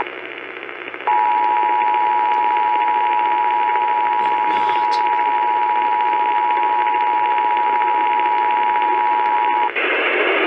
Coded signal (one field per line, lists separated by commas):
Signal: Emergency Alert System (SAME) tones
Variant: 853 and 960 Hz attention tone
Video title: New Stations Galore: West Coast Edition... EAS Alerts from 6/3/20-6/30/20 (EAS #324-334)